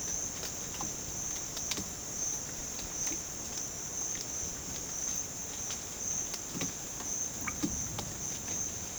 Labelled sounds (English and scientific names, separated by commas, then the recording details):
none
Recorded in dense forest near Puerto Asís, Putumayo, Colombia, on 9 March 2025 at 13:30
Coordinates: 0.486, -76.317
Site G053